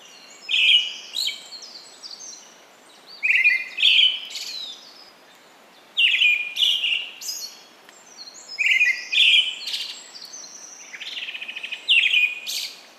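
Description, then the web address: Brown-headed thrush singing repeated phrases every few seconds: sliding whistled notes, then high twittering and buzzy trill endings. "izumino saunndo akahara"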